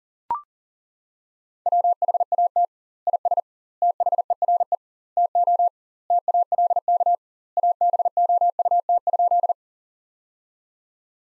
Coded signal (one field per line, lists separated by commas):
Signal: Morse code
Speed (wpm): 40 wpm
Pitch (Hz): 700 Hz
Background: none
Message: WHAT IS THERE TO TALK ABOUT?